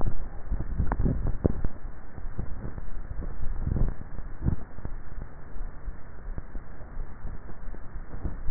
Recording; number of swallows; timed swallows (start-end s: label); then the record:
swallowing sounds by neck microphone; 2
0.78-1.45 s: swallow
3.35-3.88 s: swallow
From the record:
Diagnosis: dysphagia